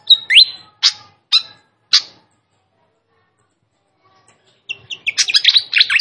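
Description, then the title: Fantail song: a few separated sharp notes, about two and a half seconds of silence, then a fast jumble of bright chirps. Clear song used to train other birds. "Masteran Sikatan Kipas Suara Jernih Dan Suara Gemericik Air"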